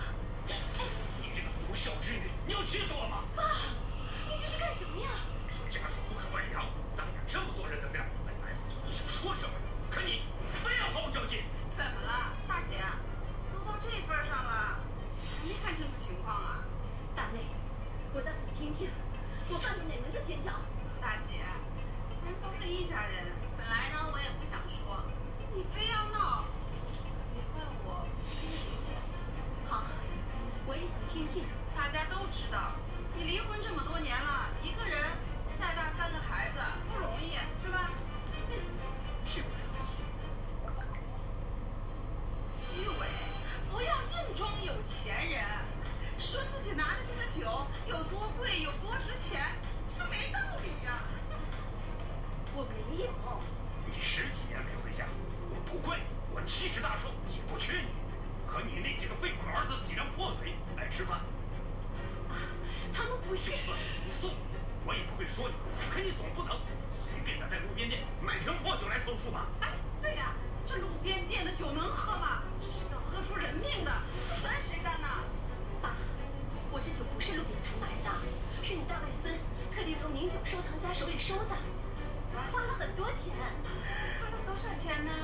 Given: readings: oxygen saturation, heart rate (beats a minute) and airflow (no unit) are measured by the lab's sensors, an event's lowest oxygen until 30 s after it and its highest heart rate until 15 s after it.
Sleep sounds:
a person awake in a sleep study, by a smartphone at the bedside; none
0.00-85.24 s: awake
From the record:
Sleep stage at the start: awake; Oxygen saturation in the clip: 92 to 93%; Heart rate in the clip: 58 to 69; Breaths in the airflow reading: 27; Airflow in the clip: -5.6 to 6.1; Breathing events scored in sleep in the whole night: 476 in 9.7 hours asleep

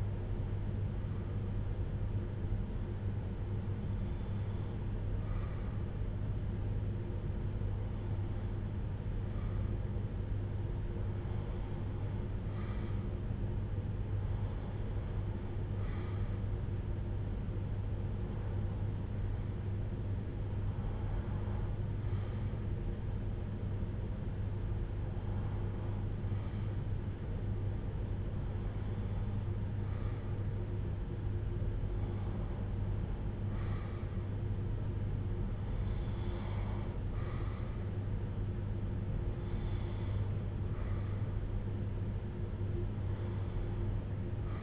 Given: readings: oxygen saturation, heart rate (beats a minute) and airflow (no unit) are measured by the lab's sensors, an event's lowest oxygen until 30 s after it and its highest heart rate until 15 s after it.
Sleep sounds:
breathing in sleep by a smartphone at the bedside; none
none scored
From the record:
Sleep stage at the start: N1 (lightest sleep); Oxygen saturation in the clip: 92 to 94%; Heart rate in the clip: 55 to 64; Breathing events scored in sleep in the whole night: 310 in 8.1 hours asleep

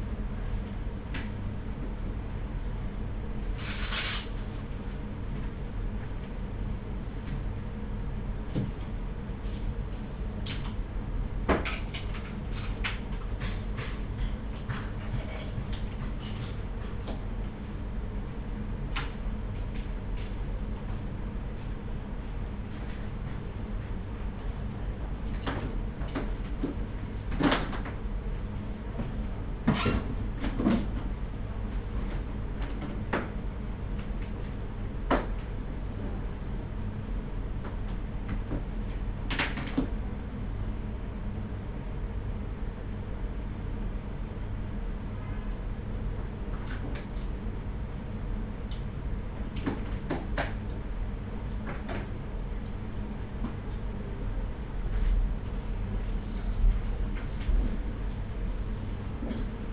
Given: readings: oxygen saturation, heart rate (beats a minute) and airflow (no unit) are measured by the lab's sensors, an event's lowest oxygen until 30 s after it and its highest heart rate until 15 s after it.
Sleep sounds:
a person awake in a sleep study, by a smartphone at the bedside; none
0.00-59.73 s: awake
0.00-59.73 s: awake
From the record:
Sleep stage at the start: awake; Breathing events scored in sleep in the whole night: 210 in 6.9 hours asleep

